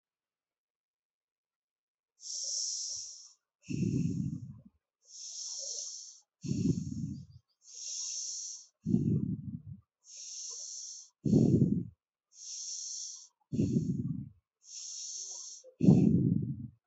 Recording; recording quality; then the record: deep breathing; excellent, no background noise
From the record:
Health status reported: exposed to COVID-19, no respiratory illness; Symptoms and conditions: none ticked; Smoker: not ticked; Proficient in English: yes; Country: India